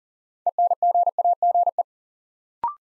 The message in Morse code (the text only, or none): ENGAGE